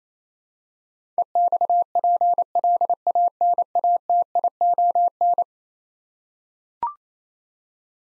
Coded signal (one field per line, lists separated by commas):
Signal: Morse code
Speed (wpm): 28 wpm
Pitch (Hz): 700 Hz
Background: none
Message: EXPLANATION